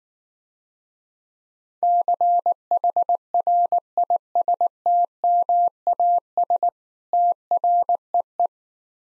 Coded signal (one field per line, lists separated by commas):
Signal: Morse code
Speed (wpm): 19 wpm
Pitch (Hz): 700 Hz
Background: none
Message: CHRISTMAS TREE